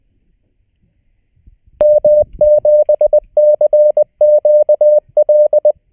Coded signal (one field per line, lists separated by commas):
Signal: Morse code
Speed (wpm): 19 wpm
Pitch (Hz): 600 Hz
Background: none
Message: M7CQL